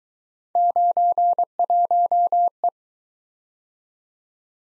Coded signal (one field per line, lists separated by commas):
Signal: Morse code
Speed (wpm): 23 wpm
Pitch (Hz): 700 Hz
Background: none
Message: 91E